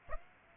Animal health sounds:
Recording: mosquito wingbeat signal from an infrared sensor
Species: Aedes aegypti

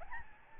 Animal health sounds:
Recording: mosquito wingbeat signal from an infrared sensor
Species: Aedes albopictus

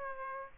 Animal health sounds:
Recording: mosquito wingbeat signal from an infrared sensor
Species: Aedes aegypti

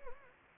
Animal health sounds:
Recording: mosquito wingbeat signal from an infrared sensor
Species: Anopheles gambiae

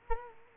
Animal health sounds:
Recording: mosquito wingbeat signal from an infrared sensor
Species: Culex quinquefasciatus

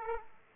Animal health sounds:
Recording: mosquito wingbeat signal from an infrared sensor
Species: Aedes aegypti

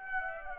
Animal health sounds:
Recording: mosquito wingbeat signal from an infrared sensor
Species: Aedes aegypti

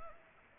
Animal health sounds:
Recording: mosquito wingbeat signal from an infrared sensor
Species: Culex pipiens

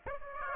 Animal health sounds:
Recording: mosquito wingbeat signal from an infrared sensor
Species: Aedes aegypti

